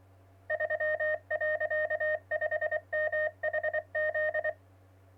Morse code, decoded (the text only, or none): 3.5MHZ